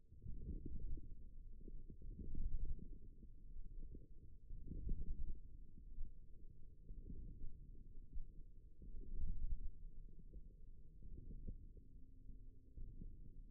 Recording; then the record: forearm muscle sounds (acoustic myography)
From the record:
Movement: forearm supination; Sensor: system 1, eight BSWA MPA416 microphones around the upper forearm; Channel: 4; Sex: male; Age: 28 years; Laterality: right